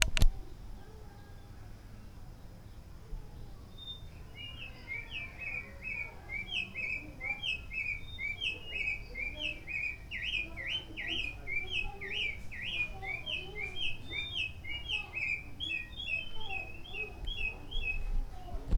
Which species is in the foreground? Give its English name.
African Thrush